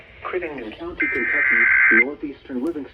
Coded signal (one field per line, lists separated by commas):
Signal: Emergency Alert System (SAME) tones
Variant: header bursts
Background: speech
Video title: EAS #987 - #990 Severe Thunderstorm Warnings